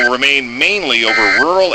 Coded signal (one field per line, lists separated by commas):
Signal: Emergency Alert System (SAME) tones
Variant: end-of-message bursts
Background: speech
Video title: CABARRUS RETURNS!!! | EAS alerts from 6/11 - 6/12/2023